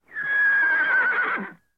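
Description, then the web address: Horse whinny: one sustained, high, slightly wavering tone held for about one and a half seconds, sagging a little in pitch near the end; no other sounds. "whinnys"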